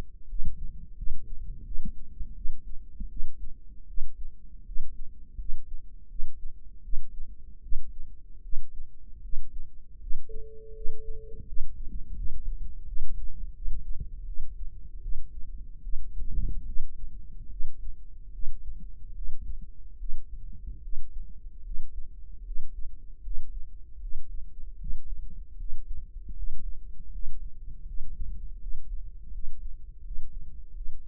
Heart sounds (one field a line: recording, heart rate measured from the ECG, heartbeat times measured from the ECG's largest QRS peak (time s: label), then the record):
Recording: heart sounds by microphone in the right ear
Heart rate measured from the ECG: 79 bpm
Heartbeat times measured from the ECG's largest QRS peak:
0.26 s: heartbeat
0.94 s: heartbeat
1.63 s: heartbeat
2.33 s: heartbeat
3.07 s: heartbeat
3.85 s: heartbeat
4.63 s: heartbeat
5.36 s: heartbeat
6.07 s: heartbeat
6.81 s: heartbeat
7.60 s: heartbeat
8.41 s: heartbeat
9.20 s: heartbeat
9.98 s: heartbeat
10.72 s: heartbeat
11.44 s: heartbeat
12.14 s: heartbeat
12.84 s: heartbeat
13.53 s: heartbeat
14.25 s: heartbeat
15.01 s: heartbeat
15.81 s: heartbeat
16.65 s: heartbeat
17.48 s: heartbeat
18.31 s: heartbeat
19.13 s: heartbeat
19.97 s: heartbeat
20.80 s: heartbeat
21.62 s: heartbeat
22.43 s: heartbeat
23.22 s: heartbeat
23.99 s: heartbeat
24.77 s: heartbeat
25.56 s: heartbeat
26.34 s: heartbeat
27.10 s: heartbeat
27.85 s: heartbeat
28.58 s: heartbeat
29.31 s: heartbeat
30.02 s: heartbeat
30.73 s: heartbeat
From the record:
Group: healthy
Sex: female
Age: 19 years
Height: 163 cm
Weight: 51 kg